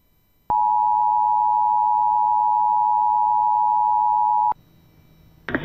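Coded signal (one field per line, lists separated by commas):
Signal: Emergency Alert System (SAME) tones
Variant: 853 and 960 Hz attention tone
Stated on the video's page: Statewide Child Abduction Emergency alert for Georgia, originating from CAP.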